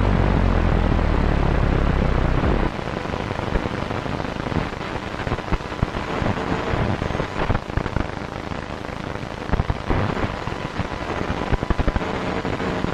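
Radio interference fills the clip with a dense, hissing crackle across the whole range. For the first two and a half seconds a heavy low rumble and buzz sits underneath, then drops away, leaving rough, fluttering static with frequent sharp pops and bursts.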